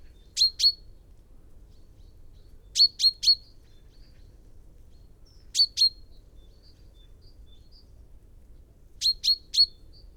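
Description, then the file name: Common chaffinch calls: brisk metallic chips in groups of two or three, four bursts spread across roughly ten seconds, with little else audible. "Fringilla coelebs"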